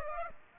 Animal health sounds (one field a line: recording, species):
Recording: mosquito wingbeat signal from an infrared sensor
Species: Aedes aegypti